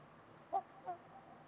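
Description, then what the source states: Trumpeter swan giving two short honking calls, one loud and one softer, over a steady background hiss. Trumpeter swans at Winters Lake on a winter evening in a deep, silent valley with distant white noise.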